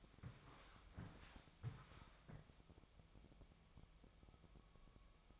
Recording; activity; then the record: daily activity, microphone in the room; walk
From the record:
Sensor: 1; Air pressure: 1000.6 hPa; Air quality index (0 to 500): 170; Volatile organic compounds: 4 ppm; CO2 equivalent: 1580 ppm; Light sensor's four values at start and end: 16/39/16/19 and 16/39/16/19